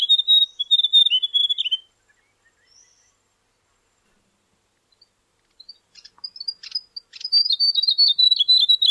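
Grey warbler singing a high, quavering trill that slides downward, then falls silent for several seconds before a few soft ticks and the wavering song resumes.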